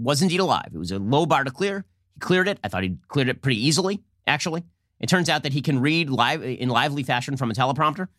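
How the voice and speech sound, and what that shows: An adult man speaks fluently in a brisk, conversational commentary style, with a moderate, lively pitch and a few short pauses between phrases. Articulation is clear, with no repeats, blocks or strained voicing. This is ordinary, typical speech.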